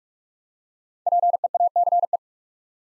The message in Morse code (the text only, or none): PEACE